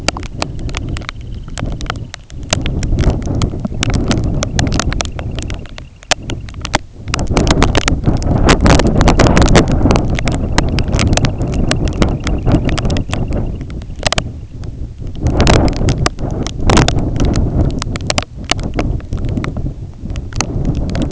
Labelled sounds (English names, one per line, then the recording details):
Semipalmated Sandpiper
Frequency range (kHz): Semipalmated Sandpiper 2.1-3.5 kHz
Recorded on Arctic tundra, site IGLO-A, on 20 June 2018
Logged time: 21:59